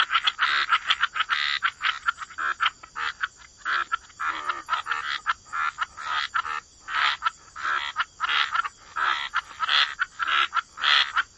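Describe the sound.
Frog chorus with rough croaking bursts repeated quickly, irregular and overlapping, the calls rasping and buzzy against a faint hiss.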